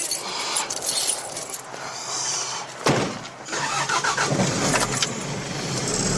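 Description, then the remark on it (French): A brief jingle of keys, then a truck engine cranks over and catches, settling into a loud, steady rumbling run with no voices, as a truck driver goes to fetch his truck at the start of a job. “Comme à chaque début de mission, André part chercher son camion.”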